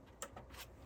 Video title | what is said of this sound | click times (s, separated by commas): TinkerTry'd Synology DiskStation DS1522+ Part 1 - Unboxing, measure watts, install HDDs, SSDs & 10G | pull the retainer clip out nice clicking action | 0.2 s